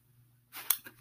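After half a second of quiet room hum, a brief airy hissing rush ends in a sharp wet click, followed by a faint second puff. This is the sucking sound of an open chest wound in an adult, an open pneumothorax, where air is drawn in through the hole in the chest wall.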